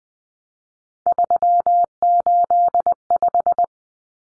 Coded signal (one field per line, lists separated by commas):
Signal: Morse code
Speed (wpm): 20 wpm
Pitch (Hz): 700 Hz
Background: none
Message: 385